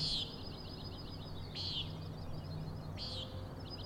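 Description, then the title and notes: Common nighthawk: three quick nasal peents from a common nighthawk about one and a half seconds apart, over high rhythmic trilling. Three nighthawks (later one) peenting while flying in very close formation; Overlook, Schoodic Head, Acadia National Park, Winter Harbor, Maine; 16 June 2017, 4am. "Common Nighthawks, Schoodic Head 061617 4am. 3 common nighthawks making peenting calls and wings booms but also a rattling noise at the Overlook (410 ft) on Schoodic Head (435 feet) Schoodic division Acadia National Park Winter Harbor, ME"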